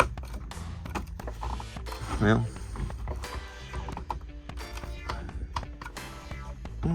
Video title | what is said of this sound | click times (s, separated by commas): Can I Restore a Vintage Cobra Hydrofoil (Moray) GI Joe | oh, it's on there pretty good. I just didn't hear a click. | none